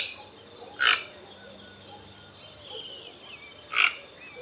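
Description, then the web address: Toco toucan giving two brief, harsh croaks about three seconds apart over quiet background bird whistles. "sound Ramphastos-toco. دانلود-صدای-پرنده-توکان-منقاردار"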